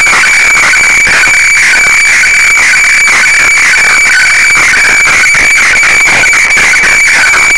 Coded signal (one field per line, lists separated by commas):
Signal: weather fax (radiofax)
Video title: IC-PCR1500 KG-FAX Japan Ｗeather FAX 7.7931MHz